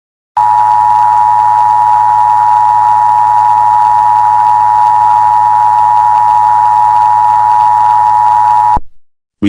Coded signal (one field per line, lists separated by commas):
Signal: Emergency Alert System (SAME) tones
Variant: 853 and 960 Hz attention tone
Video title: Emergency alert system. Hilary hurricane alert. #broadcast #hurricane #hilaryhurricane